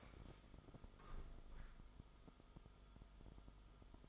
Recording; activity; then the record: daily activity, microphone in the room; stand up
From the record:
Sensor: 5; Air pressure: 1005.3 hPa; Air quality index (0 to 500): 105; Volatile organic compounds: 2 ppm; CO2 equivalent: 1284 ppm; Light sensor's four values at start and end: 34/79/31/30 and 34/79/31/30